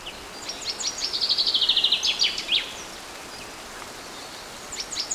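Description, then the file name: Common chaffinch song of fast repeated notes falling gently in pitch before a closing flourish, followed by hiss and the start of a further phrase. "Fringilla coelebs"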